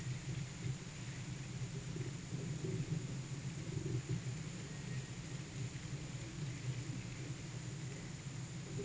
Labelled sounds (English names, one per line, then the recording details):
none
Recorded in pastures near Puerto Asís, Putumayo, Colombia, on 22 June 2025 at 15:00
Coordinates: 0.486, -76.323
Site H29